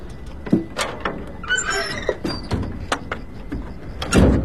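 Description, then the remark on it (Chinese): A door slides along its track with a squeaky, scraping squeal, broken by several sharp clicks and knocks, ending in a heavier low thud as it shuts. “门咋关上了呢？”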